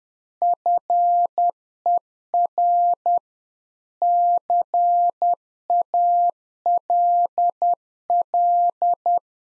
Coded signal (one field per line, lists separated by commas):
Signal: Morse code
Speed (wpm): 10 wpm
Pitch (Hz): 700 Hz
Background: none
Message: FER CALL